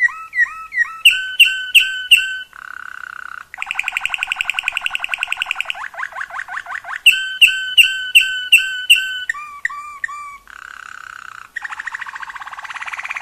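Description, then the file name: Waterslager canary song in varied tours: series of repeated notes, a long buzzy roll, rising notes and fast trills, changing every second or two. Song variations. "kenari waterslager variasi omkicau"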